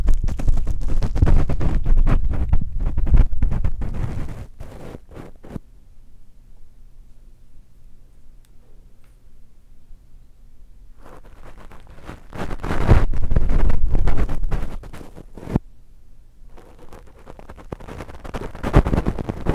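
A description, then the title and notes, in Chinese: Crackly handling of cosmetics, dense bursts of rustling and clicking from the start to about 5.5 seconds, again around 11 to 15.5 seconds and near the end. Between them a quiet stretch holds only a faint low hum. 化妝用品 ASMR。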